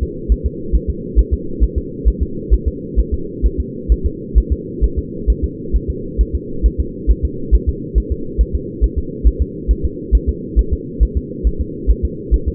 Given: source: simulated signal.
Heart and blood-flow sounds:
fetal heart sounds
0.03 s: S2
0.32 s: S1
0.46 s: S2
0.75 s: S1
0.90 s: S2
1.19 s: S1
1.33 s: S2
1.63 s: S1
1.78 s: S2
2.08 s: S1
2.22 s: S2
2.54 s: S1
2.68 s: S2
2.99 s: S1
3.14 s: S2
3.46 s: S1
3.60 s: S2
3.92 s: S1
4.06 s: S2
4.38 s: S1
4.52 s: S2
4.84 s: S1
4.98 s: S2
5.30 s: S1
5.44 s: S2
5.76 s: S1
5.90 s: S2
6.21 s: S1
6.35 s: S2
6.66 s: S1
6.80 s: S2
7.11 s: S1
7.25 s: S2
7.55 s: S1
7.69 s: S2
7.98 s: S1
8.12 s: S2
8.41 s: S1
8.55 s: S2
8.84 s: S1
8.98 s: S2
9.27 s: S1
9.42 s: S2
9.71 s: S1
9.85 s: S2
10.15 s: S1
10.29 s: S2
10.59 s: S1
10.73 s: S2
11.03 s: S1
11.17 s: S2
11.47 s: S1
11.61 s: S2
11.90 s: S1
12.05 s: S2
12.34 s: S1
12.48 s: S2
From the record:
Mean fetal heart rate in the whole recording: 135 bpm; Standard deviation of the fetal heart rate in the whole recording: 3 bpm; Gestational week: 34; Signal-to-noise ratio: -4.3 dB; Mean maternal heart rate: 72 bpm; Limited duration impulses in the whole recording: absent

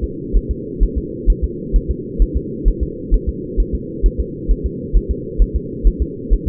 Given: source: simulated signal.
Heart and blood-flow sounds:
fetal heart sounds
0.04 s: S2
0.37 s: S1
0.51 s: S2
0.83 s: S1
0.98 s: S2
1.30 s: S1
1.44 s: S2
1.76 s: S1
1.91 s: S2
2.22 s: S1
2.37 s: S2
2.68 s: S1
2.83 s: S2
3.14 s: S1
3.29 s: S2
3.60 s: S1
3.75 s: S2
4.06 s: S1
4.20 s: S2
4.51 s: S1
4.66 s: S2
4.97 s: S1
5.11 s: S2
5.42 s: S1
5.56 s: S2
5.87 s: S1
6.02 s: S2
6.33 s: S1
6.48 s: S2
From the record:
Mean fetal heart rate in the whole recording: 130 bpm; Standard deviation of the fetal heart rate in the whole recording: 2 bpm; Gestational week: 36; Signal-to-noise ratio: -4.1 dB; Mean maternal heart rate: no maternal heart sound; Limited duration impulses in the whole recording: absent

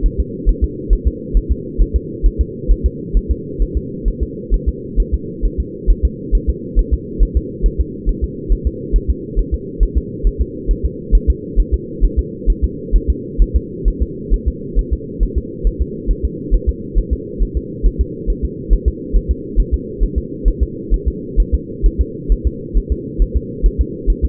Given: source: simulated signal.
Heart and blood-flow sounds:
fetal heart sounds
0.06 s: S1
0.20 s: S2
0.49 s: S1
0.64 s: S2
0.93 s: S1
1.08 s: S2
1.37 s: S1
1.52 s: S2
1.82 s: S1
1.96 s: S2
2.26 s: S1
2.41 s: S2
2.71 s: S1
2.86 s: S2
3.17 s: S1
3.31 s: S2
3.62 s: S1
3.77 s: S2
4.08 s: S1
4.23 s: S2
4.54 s: S1
4.69 s: S2
5.00 s: S1
5.14 s: S2
5.45 s: S1
5.60 s: S2
5.90 s: S1
6.05 s: S2
6.35 s: S1
6.49 s: S2
6.79 s: S1
6.94 s: S2
7.23 s: S1
7.37 s: S2
7.66 s: S1
7.80 s: S2
8.09 s: S1
8.24 s: S2
8.53 s: S1
8.67 s: S2
8.96 s: S1
9.10 s: S2
9.39 s: S1
9.54 s: S2
9.83 s: S1
9.98 s: S2
10.27 s: S1
10.41 s: S2
10.71 s: S1
10.86 s: S2
11.15 s: S1
11.30 s: S2
11.60 s: S1
11.74 s: S2
12.05 s: S1
12.19 s: S2
12.50 s: S1
12.64 s: S2
12.96 s: S1
13.10 s: S2
13.42 s: S1
13.56 s: S2
13.88 s: S1
14.02 s: S2
14.34 s: S1
14.48 s: S2
14.79 s: S1
14.93 s: S2
15.23 s: S1
15.38 s: S2
15.67 s: S1
15.82 s: S2
16.11 s: S1
16.25 s: S2
16.54 s: S1
16.69 s: S2
16.98 s: S1
17.13 s: S2
17.43 s: S1
17.57 s: S2
17.86 s: S1
18.01 s: S2
18.30 s: S1
18.45 s: S2
18.73 s: S1
18.88 s: S2
19.16 s: S1
19.31 s: S2
19.60 s: S1
19.74 s: S2
20.04 s: S1
20.18 s: S2
20.48 s: S1
20.63 s: S2
20.94 s: S1
21.08 s: S2
21.40 s: S1
21.55 s: S2
21.86 s: S1
22.01 s: S2
22.32 s: S1
22.47 s: S2
22.77 s: S1
22.92 s: S2
23.22 s: S1
23.37 s: S2
23.66 s: S1
23.81 s: S2
24.10 s: S1
24.25 s: S2
From the record:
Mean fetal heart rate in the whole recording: 135 bpm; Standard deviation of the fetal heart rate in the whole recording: 3 bpm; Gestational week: 36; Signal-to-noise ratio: -4.1 dB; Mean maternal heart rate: no maternal heart sound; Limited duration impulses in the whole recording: absent

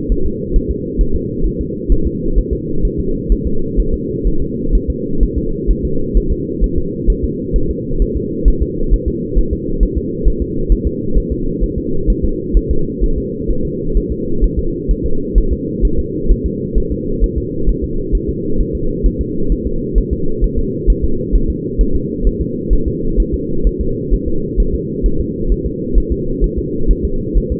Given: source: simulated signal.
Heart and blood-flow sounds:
fetal heart sounds
0.12 s: S1
0.26 s: S2
0.56 s: S1
0.71 s: S2
1.01 s: S1
1.16 s: S2
1.46 s: S1
1.61 s: S2
1.92 s: S1
2.07 s: S2
2.38 s: S1
2.53 s: S2
2.85 s: S1
3.00 s: S2
3.32 s: S1
3.47 s: S2
3.79 s: S1
3.94 s: S2
4.27 s: S1
4.42 s: S2
4.75 s: S1
4.90 s: S2
5.23 s: S1
5.38 s: S2
5.70 s: S1
5.85 s: S2
6.17 s: S1
6.32 s: S2
6.64 s: S1
6.78 s: S2
7.10 s: S1
7.24 s: S2
7.56 s: S1
7.70 s: S2
8.02 s: S1
8.17 s: S2
8.48 s: S1
8.62 s: S2
8.94 s: S1
9.08 s: S2
9.38 s: S1
9.53 s: S2
9.83 s: S1
9.98 s: S2
10.28 s: S1
10.42 s: S2
10.72 s: S1
10.87 s: S2
11.18 s: S1
11.32 s: S2
11.63 s: S1
11.78 s: S2
12.10 s: S1
12.25 s: S2
12.57 s: S1
12.71 s: S2
13.04 s: S1
13.18 s: S2
13.50 s: S1
13.65 s: S2
13.97 s: S1
14.12 s: S2
14.44 s: S1
14.59 s: S2
14.91 s: S1
15.06 s: S2
15.38 s: S1
15.53 s: S2
15.85 s: S1
15.99 s: S2
16.31 s: S1
16.46 s: S2
16.78 s: S1
16.92 s: S2
17.24 s: S1
17.38 s: S2
17.69 s: S1
17.84 s: S2
18.15 s: S1
18.29 s: S2
18.60 s: S1
18.75 s: S2
19.06 s: S1
19.21 s: S2
19.52 s: S1
19.67 s: S2
19.98 s: S1
20.13 s: S2
20.44 s: S1
20.59 s: S2
20.90 s: S1
21.04 s: S2
21.35 s: S1
21.50 s: S2
21.81 s: S1
21.95 s: S2
22.27 s: S1
22.41 s: S2
22.73 s: S1
22.88 s: S2
23.20 s: S1
23.34 s: S2
23.67 s: S1
23.81 s: S2
24.14 s: S1
24.28 s: S2
24.60 s: S1
24.75 s: S2
25.06 s: S1
25.20 s: S2
25.52 s: S1
25.66 s: S2
25.98 s: S1
26.12 s: S2
26.44 s: S1
26.59 s: S2
26.91 s: S1
27.05 s: S2
27.38 s: S1
27.52 s: S2
From the record:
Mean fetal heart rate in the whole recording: 130 bpm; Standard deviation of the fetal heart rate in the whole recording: 2 bpm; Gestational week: 36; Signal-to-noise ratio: -8.1 dB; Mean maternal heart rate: 72 bpm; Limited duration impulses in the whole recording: absent

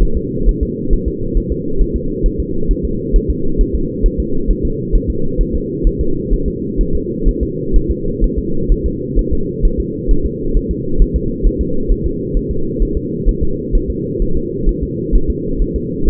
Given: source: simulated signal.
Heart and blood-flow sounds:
fetal heart sounds
0.02 s: S1
0.17 s: S2
0.49 s: S1
0.63 s: S2
0.93 s: S1
1.08 s: S2
1.37 s: S1
1.52 s: S2
1.81 s: S1
1.96 s: S2
2.26 s: S1
2.40 s: S2
2.71 s: S1
2.85 s: S2
3.16 s: S1
3.30 s: S2
3.61 s: S1
3.75 s: S2
4.06 s: S1
4.20 s: S2
4.50 s: S1
4.65 s: S2
4.95 s: S1
5.10 s: S2
5.41 s: S1
5.55 s: S2
5.87 s: S1
6.01 s: S2
6.33 s: S1
6.48 s: S2
6.81 s: S1
6.95 s: S2
7.28 s: S1
7.43 s: S2
7.76 s: S1
7.91 s: S2
8.24 s: S1
8.38 s: S2
8.72 s: S1
8.86 s: S2
9.19 s: S1
9.33 s: S2
9.65 s: S1
9.80 s: S2
10.11 s: S1
10.26 s: S2
10.57 s: S1
10.71 s: S2
11.02 s: S1
11.16 s: S2
11.47 s: S1
11.61 s: S2
11.91 s: S1
12.06 s: S2
12.37 s: S1
12.51 s: S2
12.82 s: S1
12.97 s: S2
13.29 s: S1
13.43 s: S2
13.75 s: S1
13.90 s: S2
14.22 s: S1
14.37 s: S2
14.69 s: S1
14.83 s: S2
15.16 s: S1
15.30 s: S2
15.62 s: S1
15.76 s: S2
16.08 s: S1
From the record:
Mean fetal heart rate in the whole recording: 130 bpm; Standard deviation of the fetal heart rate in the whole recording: 4 bpm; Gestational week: 38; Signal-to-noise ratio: -8.1 dB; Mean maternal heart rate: 72 bpm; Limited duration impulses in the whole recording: absent

